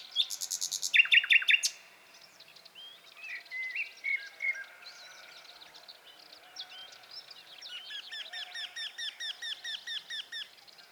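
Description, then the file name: Common nightingale song with an intense buzzy rattle, then varied chirps and a long series of repeated notes toward the end. "Luscinia megarhynchos"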